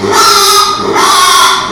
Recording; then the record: squeal of a Yucatan mini pig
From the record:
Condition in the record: after surgery on the right vocal fold (resection and tissue-engineered implant); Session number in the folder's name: 2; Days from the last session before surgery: 13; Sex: male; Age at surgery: 12 weeks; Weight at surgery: 13 kg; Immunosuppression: cyclosporine, prednisolone